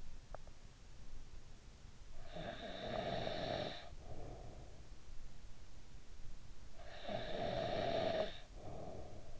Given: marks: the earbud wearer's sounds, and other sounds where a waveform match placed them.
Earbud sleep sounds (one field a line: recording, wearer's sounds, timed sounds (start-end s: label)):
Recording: sounds in sleep by an in-ear microphone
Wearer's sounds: snoring breath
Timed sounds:
2.02-5.08 s: snoring breath
6.35-9.40 s: snoring breath